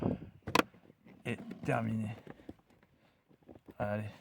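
After an oil change on a Renault Captur, the plastic engine cover is put back and pressed down onto its engine mounts. It snaps into place with a sharp double hit at 0.5 s and 0.6 s, and the cover is seated. Someone talks before and after.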